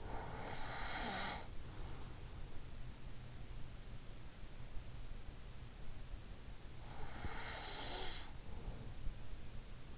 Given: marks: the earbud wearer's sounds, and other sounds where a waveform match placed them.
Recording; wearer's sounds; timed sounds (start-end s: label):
sounds in sleep by an in-ear microphone; snoring breath, breath
0.00-2.20 s: snoring breath
7.01-9.10 s: breath